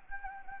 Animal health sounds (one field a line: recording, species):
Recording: mosquito wingbeat signal from an infrared sensor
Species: Anopheles gambiae